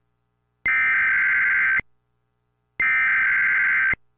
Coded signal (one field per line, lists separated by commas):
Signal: Emergency Alert System (SAME) tones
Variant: header bursts